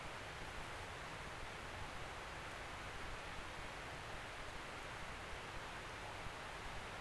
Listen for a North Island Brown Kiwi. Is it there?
no